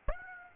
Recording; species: mosquito wingbeat signal from an infrared sensor; Aedes aegypti